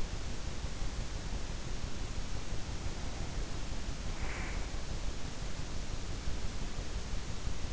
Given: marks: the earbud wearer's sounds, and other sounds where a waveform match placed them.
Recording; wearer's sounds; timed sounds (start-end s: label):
sounds in sleep by an in-ear microphone; breath
2.49-4.79 s: breath